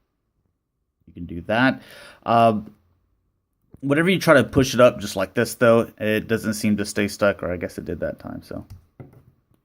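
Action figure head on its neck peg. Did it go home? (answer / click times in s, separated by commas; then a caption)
released / 9.0 s. Someone talks while pushing up the plastic jaw/head of a Hasbro Star Wars Black Series 6-inch Bossk action figure. At 9.0 s the head pops off its neck peg with a sharp tap, and a couple of faint ticks follow.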